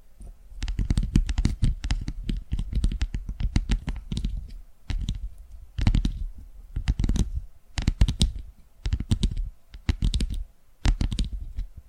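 Quick tapping and clicking come in bursts, each a rapid cluster of sharp taps with a deep thud under them, separated by short pauses of near silence. The pattern repeats about once a second or two through the whole stretch, sounding much like fast keyboard typing.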